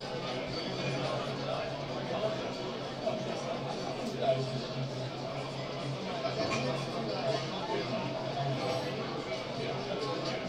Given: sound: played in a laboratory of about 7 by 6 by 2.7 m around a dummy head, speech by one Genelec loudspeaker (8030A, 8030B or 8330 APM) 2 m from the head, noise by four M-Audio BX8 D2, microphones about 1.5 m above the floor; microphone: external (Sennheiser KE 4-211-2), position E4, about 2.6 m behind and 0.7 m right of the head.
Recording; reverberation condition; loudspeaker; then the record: cafeteria noise; low; four, about 170 cm from the corners of the room and facing them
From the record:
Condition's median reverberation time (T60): about 310 ms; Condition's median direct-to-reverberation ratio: about 3.5 dB